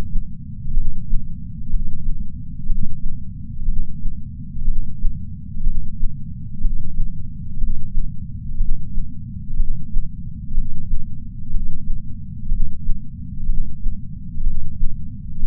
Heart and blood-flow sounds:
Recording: heart sounds by patch sensor on the chest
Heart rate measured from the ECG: 61 bpm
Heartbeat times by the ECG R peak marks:
0.74 s: heartbeat
1.70 s: heartbeat
2.66 s: heartbeat
3.65 s: heartbeat
4.64 s: heartbeat
5.63 s: heartbeat
6.61 s: heartbeat
7.58 s: heartbeat
8.57 s: heartbeat
9.56 s: heartbeat
10.54 s: heartbeat
11.50 s: heartbeat
12.48 s: heartbeat
13.46 s: heartbeat
14.43 s: heartbeat
15.39 s: heartbeat
From the record:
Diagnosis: coronary artery disease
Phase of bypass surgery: preoperative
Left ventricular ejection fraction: 62.4%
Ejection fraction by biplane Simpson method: 59%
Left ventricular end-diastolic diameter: 53 mm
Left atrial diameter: 40 mm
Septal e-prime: 7.2 cm/s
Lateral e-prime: 9.5 cm/s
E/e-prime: 9.1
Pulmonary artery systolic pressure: 23 mmHg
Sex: male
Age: 60 years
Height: 180 cm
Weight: 100 kg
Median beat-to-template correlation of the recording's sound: 0.92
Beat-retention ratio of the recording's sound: 0.96

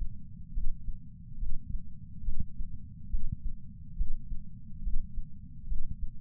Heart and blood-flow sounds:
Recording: heart sounds by patch sensor on the chest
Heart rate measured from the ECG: 70 bpm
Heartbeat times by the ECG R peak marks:
0.53 s: heartbeat
1.39 s: heartbeat
2.24 s: heartbeat
3.10 s: heartbeat
3.97 s: heartbeat
4.83 s: heartbeat
5.68 s: heartbeat
From the record:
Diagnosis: coronary artery disease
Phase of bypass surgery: preoperative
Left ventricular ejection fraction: 65.2%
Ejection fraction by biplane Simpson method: 56.6%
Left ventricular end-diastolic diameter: 45 mm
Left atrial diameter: 34 mm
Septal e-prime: 5.7 cm/s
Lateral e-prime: 8.2 cm/s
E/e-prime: 7.6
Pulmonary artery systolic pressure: 21 mmHg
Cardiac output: 6.8 L/min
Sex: male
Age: 69 years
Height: 174 cm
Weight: 79 kg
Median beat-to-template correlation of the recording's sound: 0.95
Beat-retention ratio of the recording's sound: 0.99

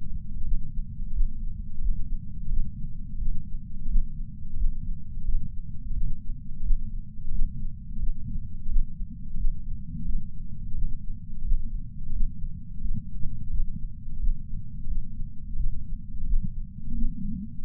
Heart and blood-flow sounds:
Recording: heart sounds by patch sensor on the chest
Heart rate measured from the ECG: 87 bpm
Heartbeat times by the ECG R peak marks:
0.44 s: heartbeat
1.14 s: heartbeat
1.81 s: heartbeat
2.48 s: heartbeat
3.18 s: heartbeat
3.88 s: heartbeat
4.57 s: heartbeat
5.25 s: heartbeat
5.93 s: heartbeat
6.63 s: heartbeat
7.31 s: heartbeat
7.99 s: heartbeat
8.69 s: heartbeat
9.37 s: heartbeat
10.05 s: heartbeat
10.74 s: heartbeat
11.44 s: heartbeat
12.13 s: heartbeat
12.80 s: heartbeat
13.50 s: heartbeat
14.20 s: heartbeat
14.87 s: heartbeat
15.56 s: heartbeat
16.26 s: heartbeat
16.94 s: heartbeat
17.61 s: heartbeat
From the record:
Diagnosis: coronary artery disease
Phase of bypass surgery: postoperative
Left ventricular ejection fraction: 66.5%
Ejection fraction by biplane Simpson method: 64.8%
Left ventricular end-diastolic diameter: 39 mm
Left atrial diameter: 31 mm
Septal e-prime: 4.5 cm/s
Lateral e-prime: 6.6 cm/s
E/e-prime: 22.7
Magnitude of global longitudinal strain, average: 16.9%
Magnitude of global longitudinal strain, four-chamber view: 19.4%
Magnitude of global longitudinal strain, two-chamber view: 15.7%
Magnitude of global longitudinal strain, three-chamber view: 15.8%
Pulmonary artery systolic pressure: 26 mmHg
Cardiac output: 4.24 L/min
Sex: female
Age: 80 years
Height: 150 cm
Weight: 49 kg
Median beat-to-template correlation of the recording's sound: 0.73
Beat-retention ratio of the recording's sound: 1.00

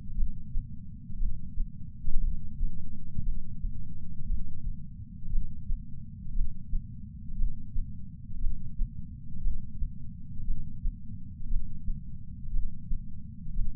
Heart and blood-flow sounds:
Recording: heart sounds by patch sensor on the chest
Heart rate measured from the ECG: 58 bpm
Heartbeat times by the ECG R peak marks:
0.16 s: heartbeat
1.19 s: heartbeat
2.21 s: heartbeat
3.24 s: heartbeat
4.27 s: heartbeat
5.31 s: heartbeat
6.34 s: heartbeat
7.37 s: heartbeat
8.40 s: heartbeat
9.43 s: heartbeat
10.46 s: heartbeat
11.49 s: heartbeat
12.52 s: heartbeat
13.55 s: heartbeat
From the record:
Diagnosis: coronary artery disease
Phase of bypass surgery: intraoperative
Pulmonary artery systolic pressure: 38 mmHg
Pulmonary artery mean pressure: 23 mmHg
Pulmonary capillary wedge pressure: 11 mmHg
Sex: male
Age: 74 years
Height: 175 cm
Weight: 66 kg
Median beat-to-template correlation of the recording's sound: 0.93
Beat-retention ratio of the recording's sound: 0.98

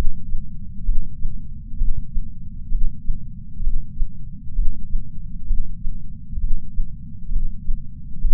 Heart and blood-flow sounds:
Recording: heart sounds by patch sensor on the chest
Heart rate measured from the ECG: 65 bpm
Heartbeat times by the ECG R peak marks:
0.87 s: heartbeat
1.79 s: heartbeat
2.73 s: heartbeat
3.65 s: heartbeat
4.56 s: heartbeat
5.48 s: heartbeat
6.42 s: heartbeat
7.34 s: heartbeat
8.22 s: heartbeat
From the record:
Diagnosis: coronary artery disease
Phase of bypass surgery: preoperative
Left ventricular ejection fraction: 62.1%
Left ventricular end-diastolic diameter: 45 mm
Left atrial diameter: 40 mm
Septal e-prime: 8 cm/s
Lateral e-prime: 10 cm/s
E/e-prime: 5.6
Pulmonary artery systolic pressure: 22 mmHg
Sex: male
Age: 60 years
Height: 170 cm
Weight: 67 kg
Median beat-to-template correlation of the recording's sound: 0.93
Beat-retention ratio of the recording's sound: 1.00

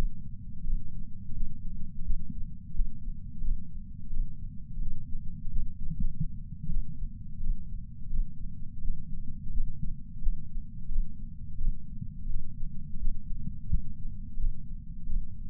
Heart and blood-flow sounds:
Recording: heart sounds by patch sensor on the chest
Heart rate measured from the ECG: 87 bpm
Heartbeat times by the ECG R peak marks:
0.64 s: heartbeat
1.35 s: heartbeat
2.05 s: heartbeat
2.75 s: heartbeat
3.43 s: heartbeat
4.11 s: heartbeat
4.81 s: heartbeat
5.51 s: heartbeat
5.95 s: heartbeat
6.71 s: heartbeat
7.41 s: heartbeat
8.11 s: heartbeat
8.83 s: heartbeat
9.53 s: heartbeat
10.23 s: heartbeat
10.90 s: heartbeat
11.59 s: heartbeat
12.29 s: heartbeat
13.00 s: heartbeat
13.70 s: heartbeat
14.39 s: heartbeat
15.08 s: heartbeat
From the record:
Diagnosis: coronary artery disease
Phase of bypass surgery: postoperative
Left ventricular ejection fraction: 65.4%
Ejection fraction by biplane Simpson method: 64.8%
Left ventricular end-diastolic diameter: 41 mm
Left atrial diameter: 37 mm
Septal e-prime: 8.8 cm/s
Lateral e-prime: 8.1 cm/s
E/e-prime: 9.9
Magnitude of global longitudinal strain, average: 18.9%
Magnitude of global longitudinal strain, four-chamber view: 23.8%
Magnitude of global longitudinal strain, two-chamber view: 17.7%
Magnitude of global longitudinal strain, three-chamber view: 15.3%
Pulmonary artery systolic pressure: 36 mmHg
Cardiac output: 4.4 L/min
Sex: male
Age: 76 years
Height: 165 cm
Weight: 79 kg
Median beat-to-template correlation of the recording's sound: 0.64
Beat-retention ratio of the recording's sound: 0.99

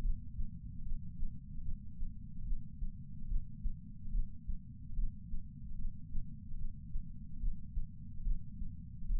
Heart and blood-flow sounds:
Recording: heart sounds by patch sensor on the chest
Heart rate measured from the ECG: 73 bpm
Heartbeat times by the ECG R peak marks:
0.01 s: heartbeat
0.83 s: heartbeat
1.62 s: heartbeat
2.44 s: heartbeat
3.27 s: heartbeat
4.10 s: heartbeat
4.94 s: heartbeat
5.76 s: heartbeat
6.56 s: heartbeat
7.39 s: heartbeat
8.22 s: heartbeat
9.06 s: heartbeat
From the record:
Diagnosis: coronary artery disease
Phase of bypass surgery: preoperative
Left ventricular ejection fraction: 32.2%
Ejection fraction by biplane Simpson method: 32%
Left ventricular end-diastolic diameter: 64 mm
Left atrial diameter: 40 mm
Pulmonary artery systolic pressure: 18 mmHg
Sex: male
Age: 49 years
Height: 175 cm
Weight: 80 kg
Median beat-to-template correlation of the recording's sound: 0.84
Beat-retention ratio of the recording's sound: 1.00

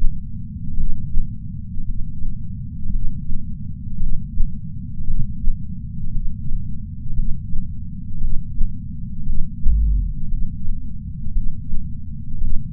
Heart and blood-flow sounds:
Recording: heart sounds by patch sensor on the chest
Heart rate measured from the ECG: 57 bpm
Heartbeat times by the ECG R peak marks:
0.75 s: heartbeat
1.85 s: heartbeat
2.90 s: heartbeat
3.98 s: heartbeat
5.05 s: heartbeat
6.11 s: heartbeat
7.14 s: heartbeat
8.19 s: heartbeat
9.24 s: heartbeat
10.28 s: heartbeat
11.32 s: heartbeat
12.39 s: heartbeat
From the record:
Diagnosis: coronary artery disease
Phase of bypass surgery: preoperative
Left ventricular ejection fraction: 62%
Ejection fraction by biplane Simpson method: 62.4%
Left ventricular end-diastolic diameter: 51 mm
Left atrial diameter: 40 mm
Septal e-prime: 9.2 cm/s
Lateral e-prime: 9.2 cm/s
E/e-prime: 8.2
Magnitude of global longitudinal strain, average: 18.8%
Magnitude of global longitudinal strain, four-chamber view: 19.4%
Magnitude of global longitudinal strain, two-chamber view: 19%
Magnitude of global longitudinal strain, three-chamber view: 18.1%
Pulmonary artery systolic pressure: 24 mmHg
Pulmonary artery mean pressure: 10 mmHg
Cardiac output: 4.7 L/min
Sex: male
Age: 57 years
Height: 175 cm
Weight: 80 kg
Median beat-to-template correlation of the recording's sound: 0.88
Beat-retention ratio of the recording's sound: 0.93

